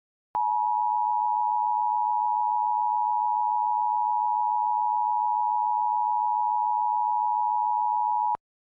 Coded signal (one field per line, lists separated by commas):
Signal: Emergency Alert System (SAME) tones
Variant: 853 and 960 Hz attention tone